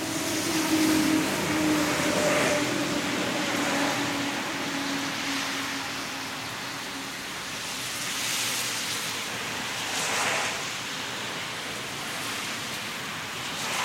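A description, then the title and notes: Steady rain hiss fills a rainy morning while wet tires swish past now and then, and a low engine hum fades out early. Rainy Morning & Traffic. Recorded in the morning and mixed in Audition.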